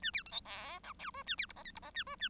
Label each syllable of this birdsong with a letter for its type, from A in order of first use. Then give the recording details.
A B C D E F F G A B H I J H I A G A. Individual Bird1